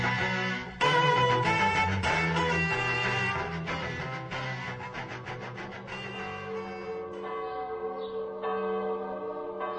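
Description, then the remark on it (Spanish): Bronze church bells peal loudly in a dense, overlapping clangor, rapid strikes piling onto long ringing tones that hum and shimmer throughout, with no voices present. “Escuchad las sonoras campanas, broncíneas campanas.”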